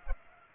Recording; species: mosquito wingbeat signal from an infrared sensor; Culex pipiens